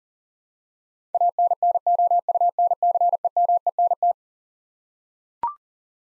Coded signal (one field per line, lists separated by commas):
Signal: Morse code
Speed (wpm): 40 wpm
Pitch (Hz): 700 Hz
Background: none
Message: ANNOUNCEMENT